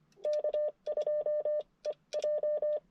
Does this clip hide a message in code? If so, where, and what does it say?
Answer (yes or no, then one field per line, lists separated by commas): yes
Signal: Morse code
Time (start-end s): 0.2-2.8 s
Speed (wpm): 24 wpm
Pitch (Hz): 600 Hz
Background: none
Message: K2EJ